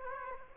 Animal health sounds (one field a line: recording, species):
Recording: mosquito wingbeat signal from an infrared sensor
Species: Aedes aegypti